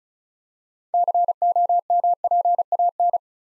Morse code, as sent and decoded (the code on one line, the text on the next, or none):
-.-. --- -- .--. .- -.
COMPAN